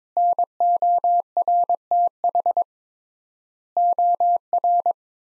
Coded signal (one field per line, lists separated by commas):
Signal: Morse code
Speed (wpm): 22 wpm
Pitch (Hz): 700 Hz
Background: none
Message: NORTH OR